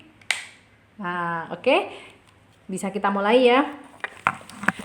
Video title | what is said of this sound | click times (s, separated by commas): TUTORIAL PAKAI GALVANIC SPA FACE | saat memasangnya tinggal dipasangkan Sampai bunyi klik | 0.3 s